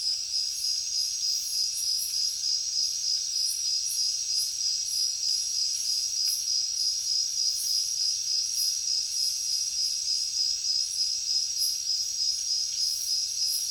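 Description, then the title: Crickets chirping in a dense, continuous high-pitched chorus, pulses repeating rapidly about three times a second, with no other clear sounds. Heavy cricket chorus at night in a jungle. "alex productions ambient music nature. Jungle night heavy crickets"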